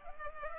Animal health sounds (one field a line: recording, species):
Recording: mosquito wingbeat signal from an infrared sensor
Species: Culex pipiens